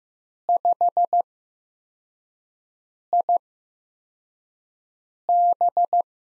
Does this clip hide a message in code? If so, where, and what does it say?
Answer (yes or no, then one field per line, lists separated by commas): yes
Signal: Morse code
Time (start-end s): 0.5-6.0 s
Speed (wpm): 15 wpm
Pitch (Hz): 700 Hz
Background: none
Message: 5IB